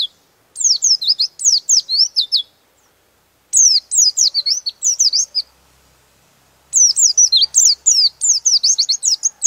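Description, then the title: Bird: bird song: several phrases of sharp, high chirps, each a quick run of downslurred notes, with short silences between them. Master recording used for training birds. "Master Burung Jos"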